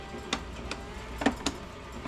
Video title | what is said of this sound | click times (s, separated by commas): Can a Prius Go Off-Road? Full Camper Build + Itehil RO System Review | Nice satisfying click there. | 0.3 s, 1.5 s